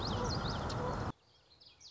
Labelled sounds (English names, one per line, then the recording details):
Common Yellowthroat
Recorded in Sonoma County, California